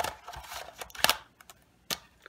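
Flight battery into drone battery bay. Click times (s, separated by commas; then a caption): 1.0 s, 1.1 s. A flight battery is slid into the battery bay of a ZLL SG908 KUN 3-axis gimbal quadcopter drone. Light scraping and tapping lead to two sharp clicks at 1.0 and 1.1 seconds as it latches into place, followed by a lighter click near 1.9 seconds. The battery is seated.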